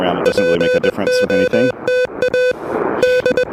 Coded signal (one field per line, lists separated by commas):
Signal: Morse code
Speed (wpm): 20 wpm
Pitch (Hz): 500 Hz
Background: speech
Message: POTA D